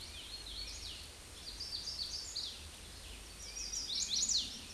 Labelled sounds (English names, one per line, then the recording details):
Chestnut-sided Warbler song
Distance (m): 15 m
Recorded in a Pennsylvania forest on 18 May 2023 at 08:51
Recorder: AudioMoth, point grid1_34_low
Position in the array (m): 210 m, 129 m